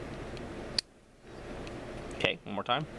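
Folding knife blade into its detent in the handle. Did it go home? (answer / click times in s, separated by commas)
yes / 0.8 s, 2.2 s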